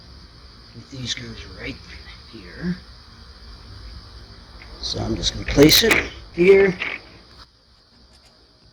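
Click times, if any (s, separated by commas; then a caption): none. A plastic grille panel on a Chrysler Crossfire is placed and lined up against the bumper opening during a headlamp job, before it is pushed in. Someone talks over a steady high-pitched hum, and brief handling rustles rise around 5 to 7 seconds. Nothing has seated or clicked yet.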